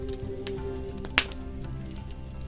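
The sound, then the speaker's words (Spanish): Rivers of lava flow with a steady rushing wash like flowing water, broken by a few sharp crackling pops and a soft sizzle, like fire burning, over a low, even hum. “Suena como un río de agua, pero con el crujir del fuego. Chisporrotea.”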